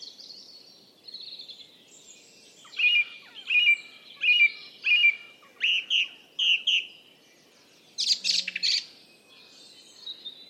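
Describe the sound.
Bird calling with a steady series of clear, downslurred notes, then a harsh, noisy burst.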